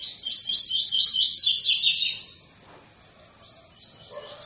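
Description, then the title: Double-collared seedeater song: a rapid, buzzy, high twittering phrase lasting about two seconds, then a quieter stretch with a few faint notes. Tui-tui song style, a teacher song for training young birds; the bird is described as 'fibra'. "COLEIRO TUI TUI FIBRA"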